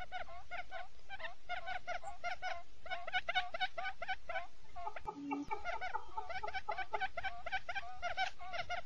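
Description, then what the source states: Quail calls in a busy chorus, quick clucking harmonic notes stacked and repeated without pause, with a brief gap midway. Male quail.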